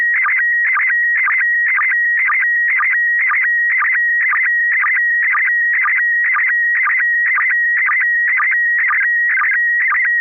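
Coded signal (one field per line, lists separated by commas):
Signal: SSTV (slow-scan television)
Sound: steady mid-pitch tone broken by warbling chirps and low blips about twice a second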